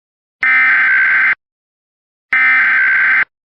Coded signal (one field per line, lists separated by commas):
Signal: Emergency Alert System (SAME) tones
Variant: header bursts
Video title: EAS Scenario - "The Mandela Effect" (Remastered) V2: Area & Font Updates